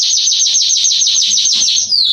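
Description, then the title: Belgian canary singing a quick series of identical high notes, ending with a short descending note. Male Belgian canary singing a lot, used to warm up and train young canaries. "Canary Training Esquente Seu Filhote E Canario Belga Em 30 Minutos Macho Cantando Muito. CANTO DO CANRIO"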